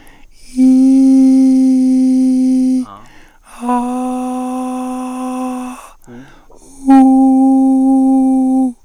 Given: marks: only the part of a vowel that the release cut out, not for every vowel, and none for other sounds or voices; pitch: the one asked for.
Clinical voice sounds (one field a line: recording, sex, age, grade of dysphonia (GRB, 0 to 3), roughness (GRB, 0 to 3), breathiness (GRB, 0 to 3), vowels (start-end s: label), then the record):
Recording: sustained vowels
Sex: male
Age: 60 to 69 years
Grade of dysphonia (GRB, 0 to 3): 3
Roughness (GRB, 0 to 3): 2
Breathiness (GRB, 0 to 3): 3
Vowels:
0.75-2.15 s: vowel /i/, high pitch
3.76-5.66 s: vowel /a/, high pitch
7.91-8.59 s: vowel /u/, high pitch
From the record:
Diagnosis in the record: cordectomy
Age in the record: 67 years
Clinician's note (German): Zustand danach, links, schönes Narbenstimmband mit phonatorischem Stillstand